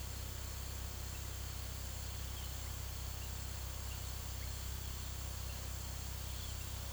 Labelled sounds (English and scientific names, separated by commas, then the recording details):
none
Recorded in pastures near Puerto Asís, Putumayo, Colombia, on 18 February 2024 at 17:30
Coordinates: 0.486, -76.323
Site G6462